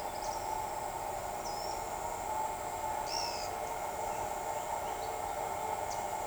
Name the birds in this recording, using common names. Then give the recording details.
White-whiskered Spinetail. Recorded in shrubland near Pivijay, Magdalena, Colombia, on 14 April 2023 at 06:30. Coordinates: 10.453, -74.365. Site P5-G022